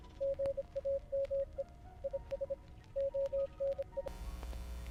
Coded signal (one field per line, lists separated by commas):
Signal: Morse code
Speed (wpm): 26 wpm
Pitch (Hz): 550 Hz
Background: none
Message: GAME IS ONE